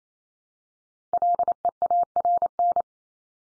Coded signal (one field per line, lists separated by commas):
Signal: Morse code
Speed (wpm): 28 wpm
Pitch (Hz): 700 Hz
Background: none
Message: LEARN